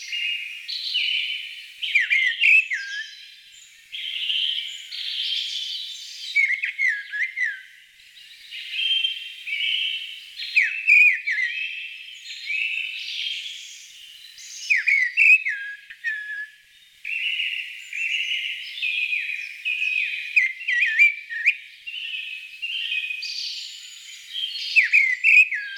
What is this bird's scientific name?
Turdus viscivorus